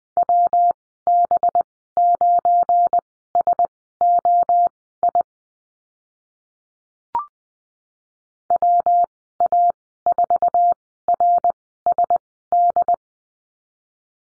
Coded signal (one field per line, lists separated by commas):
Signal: Morse code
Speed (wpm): 19 wpm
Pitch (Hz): 700 Hz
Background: none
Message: WB9SOI WA4RSD